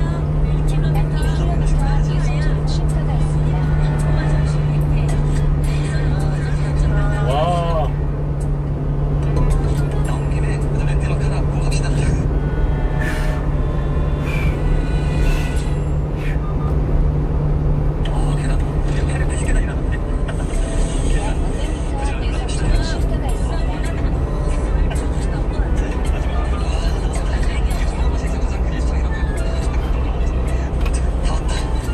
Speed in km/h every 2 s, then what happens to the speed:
93, 92, 90, 89, 88, 88, 89, 90, 90, 85, 82, 80, 79, 79, 77, 76.
0-16 steady at about 90. 16-20 slows to 82. 20-32 steady at about 79.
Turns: none.